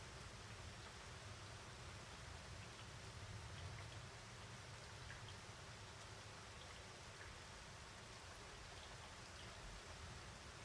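A mountain rainstorm heard from a home's window: a steady, dense hiss of rain that holds evenly for the whole clip. Underneath runs a low rumble, swelling slightly around three to four seconds, with faint scattered drips and patters over the top.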